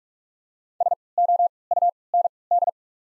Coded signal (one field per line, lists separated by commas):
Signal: Morse code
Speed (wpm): 41 wpm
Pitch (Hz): 700 Hz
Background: none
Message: SOUND